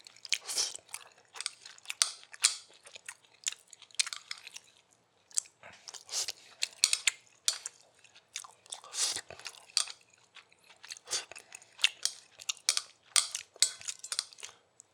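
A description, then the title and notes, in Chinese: Someone eating and unwrapping zongzi. Crisp, crinkly rustles and crunchy bites come in rapid irregular bursts nearly the whole time, bright and papery, with brief pauses around five and ten seconds. 剝粽子。吃粽子。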